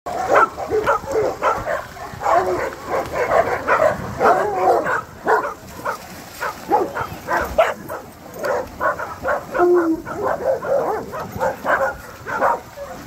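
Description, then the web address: Dogs barking: many overlapping barks and yelps in a continuous chorus, with brief dips between bursts. Many dogs barking together. "lots of dogs barking"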